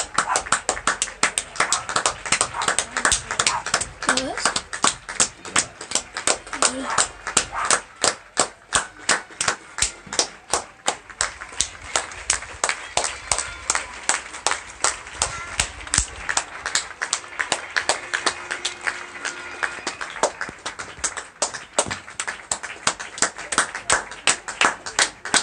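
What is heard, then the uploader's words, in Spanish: Applause on a street, a long steady run of many hands clapping at once. The claps come thick and fast, with sharp crisp slaps throughout and no real pause. Voices murmur faintly underneath the whole time. El aplauso de mi calle.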